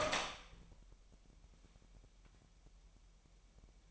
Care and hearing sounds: daily activity, microphone in the room; open door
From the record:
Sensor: 1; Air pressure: 998.4 hPa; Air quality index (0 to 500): 130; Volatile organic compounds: 4 ppm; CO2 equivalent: 1548 ppm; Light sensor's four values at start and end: 19/63/25/26 and 19/63/25/26

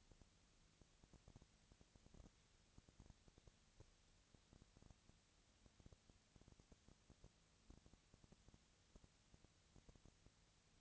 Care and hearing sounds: daily activity, microphone in the room; no activity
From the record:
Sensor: 3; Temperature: 20.4 degrees Celsius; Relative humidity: 34.4%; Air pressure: 997.0 hPa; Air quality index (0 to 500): 205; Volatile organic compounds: 68 ppm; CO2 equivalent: 3503 ppm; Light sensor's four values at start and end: 2/3/2/2 and 2/3/2/2

